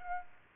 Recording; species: mosquito wingbeat signal from an infrared sensor; Aedes aegypti